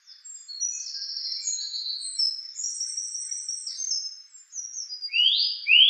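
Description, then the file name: Song thrush song of thin, very high, scratchy trills and squeaks, ending with loud, sweeping notes. "suara-kicauan-burung-song-thrush -omkicau"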